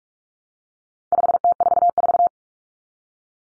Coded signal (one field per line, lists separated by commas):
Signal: Morse code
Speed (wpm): 44 wpm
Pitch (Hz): 700 Hz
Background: none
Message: 5T44